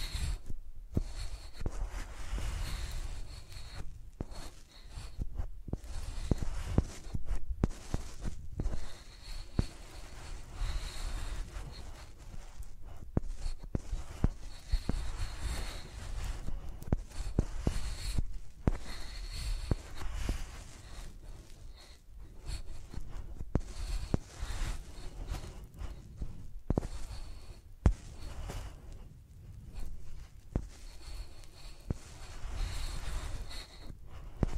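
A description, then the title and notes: Microphones are dragged and scribbled like pencils, making a dense, choppy run of scraping and rubbing with heavy low rumble. Short gaps and sharp knocks break it up irregularly throughout, and a thin squeaky tone rises and fades every few seconds. Using Mics as Pencils (No Talking).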